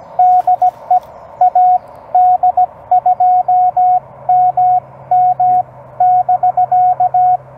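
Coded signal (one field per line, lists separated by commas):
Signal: Morse code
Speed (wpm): 17 wpm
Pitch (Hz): 690 Hz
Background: radio noise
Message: DE AD2MM <BK>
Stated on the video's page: CW during a park activation, used as copy practice.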